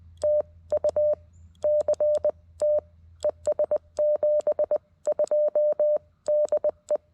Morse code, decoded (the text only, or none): TU CT ES 72 DE